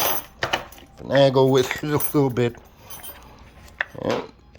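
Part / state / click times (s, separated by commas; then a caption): knife blade into its sheath / not seated / none. A fixed knife blade is handled and worked toward its sheath while someone talks, with brief sharp knocks and rattles near 0.4, 0.5 and 3.8 seconds. Nothing has seated or clicked into the sheath yet.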